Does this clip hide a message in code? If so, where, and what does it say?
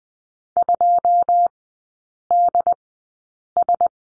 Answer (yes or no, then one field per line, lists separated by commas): yes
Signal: Morse code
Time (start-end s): 0.6-3.9 s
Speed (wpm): 20 wpm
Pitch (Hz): 700 Hz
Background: none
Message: 2DS